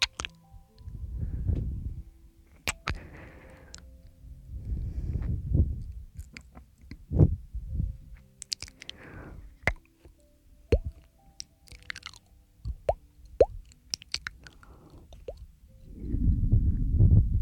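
Fresh mouth sounds: wet, squishy smacks and chewing-like squelches come in low, swelling bursts roughly every two seconds. Sharp clicks and pops cut in between them, with a few thin, bright crackles, and the last burst near the end is the longest.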